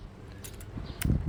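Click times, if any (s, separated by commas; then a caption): 1.0 s. A saw blade is inserted into the tool-free blade clamp of a Dongcheng DCJF22 brushless reciprocating saw, and the clamp collar is turned to the right until it locks. Soft handling and rustling are followed by a sharp click at 1.0 s as the clamp locks the blade in place.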